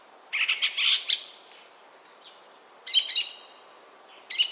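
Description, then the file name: Chestnut-cheeked starling calls: three short, harsh, buzzy bursts separated by quiet gaps of over a second. "Sturnus philippensis"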